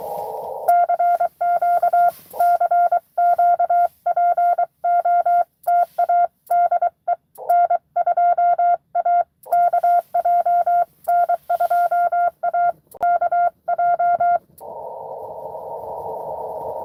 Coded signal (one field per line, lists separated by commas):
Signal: Morse code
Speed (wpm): 23 wpm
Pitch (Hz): 700 Hz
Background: none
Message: CQ CQ POTA DE N2AKJ N2AKJ